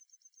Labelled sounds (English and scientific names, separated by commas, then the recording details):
Yellowhammer (Emberiza citrinella) song
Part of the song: start
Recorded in the Czech Republic on 17 May 2013
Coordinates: 49.285, 18.135
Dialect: B?
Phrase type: A56
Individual 295534